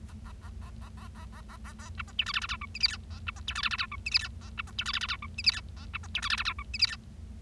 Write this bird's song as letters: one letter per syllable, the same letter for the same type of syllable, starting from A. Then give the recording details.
A A A A A A A A A A A B C D E F F G H I J K A B C D E F F G H I J K A B C D E F F G H I J K A B C D E F F G H I J K. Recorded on 25 March 2012 at 08:26. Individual gy6or6